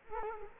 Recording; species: mosquito wingbeat signal from an infrared sensor; Culex quinquefasciatus